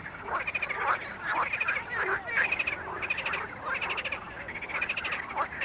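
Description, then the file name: Marsh frog croaking, dense overlapping pulsed rattles in a continuous chorus with short rhythmic bursts. Mali lag, Botevgrad, Bulgaria. "Pelophylax ridibundus at Mali lag, Botevgrad, Bulgaria"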